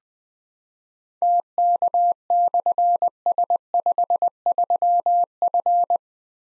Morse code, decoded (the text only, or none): TK/S53F